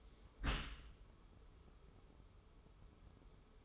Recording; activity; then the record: daily activity, microphone in the room; close dishwasher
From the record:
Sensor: 1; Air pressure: 1015.0 hPa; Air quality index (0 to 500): 25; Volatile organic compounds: 0 ppm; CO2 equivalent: 500 ppm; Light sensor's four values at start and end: 13/30/12/14 and 13/30/12/13